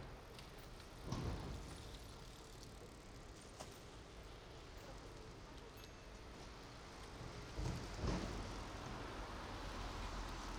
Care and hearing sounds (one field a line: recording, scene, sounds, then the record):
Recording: everyday scene through a hearing-aid microphone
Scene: in traffic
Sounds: traffic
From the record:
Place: main road on the outskirts, rush hour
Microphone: in the ear canal, right